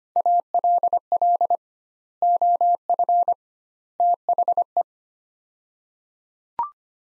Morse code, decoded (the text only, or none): ALL OF THE